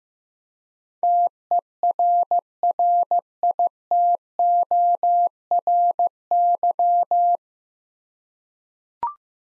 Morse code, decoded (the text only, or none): TERRITORY